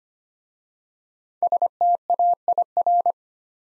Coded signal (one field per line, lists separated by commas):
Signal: Morse code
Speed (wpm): 25 wpm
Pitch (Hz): 700 Hz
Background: none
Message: STAIR